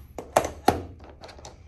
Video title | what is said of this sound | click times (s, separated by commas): Tutorial 160 Watt CIGS Flexible Solar Kit Installation | it into the negative wire make sure you hear the click | 0.4 s, 0.7 s